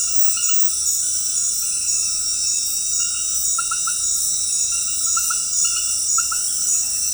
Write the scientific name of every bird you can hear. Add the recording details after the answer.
none. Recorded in dense forest near Puerto Asís, Putumayo, Colombia, on 21 February 2024 at 22:30. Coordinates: 0.484, -76.317. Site G6464